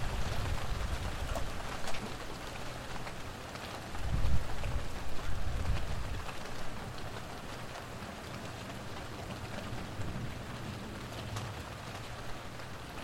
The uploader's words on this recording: A stereo recording of an early summer rainstorm in Mount Vernon, NY.